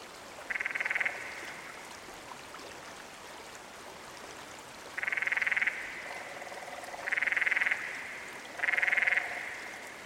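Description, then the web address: Canyon frog call: four short, buzzy pulsed trills, one alone then three closer together, with softer lower-pitched pulse trains between the later ones. "Dan Gibson's Solitudes Frog Song. Canyon Frog"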